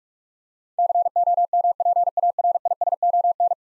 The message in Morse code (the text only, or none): COMPARISON